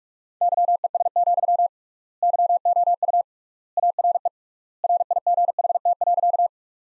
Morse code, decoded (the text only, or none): YES, YOU ARE RIGHT.